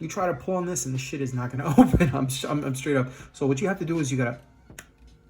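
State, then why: Released. Someone talks while handling the cap of a locking plastic twist-lock knife-packaging tube, which does not open when pulled. At 4.8 s a sharp click sounds as the two halves are rotated and the internal lock releases, so the tube opens easily.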